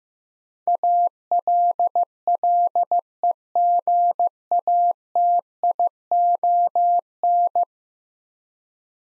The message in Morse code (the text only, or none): ALLEGATION